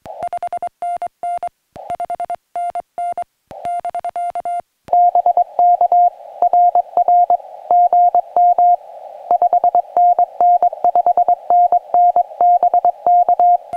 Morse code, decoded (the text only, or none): 5NN 5NN <BK> BK RR GM 5NN 5NN BK